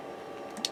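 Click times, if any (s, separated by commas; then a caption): none. A plastic inner-frame part of a PG 1/60 Unicorn Gundam model robot kit is handled as it is pulled out and pushed back toward the arm/waist frame. Quiet plastic handling noise runs over a low steady background, with a brief light tick near 0.6 s. Nothing has seated or clicked yet.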